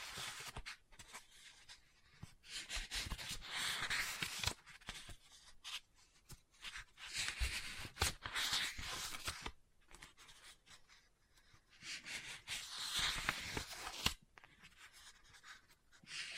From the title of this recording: Book Tapping, Scratching, Page Turning